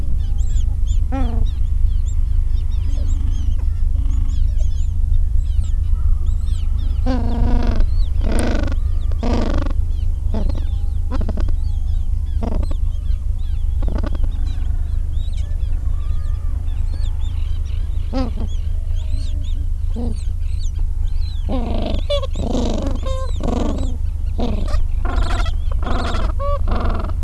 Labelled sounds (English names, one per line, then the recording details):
Gentoo Penguin
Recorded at the colony at Whistle Cove, on 23 December 2014
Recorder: Song Meter SM2+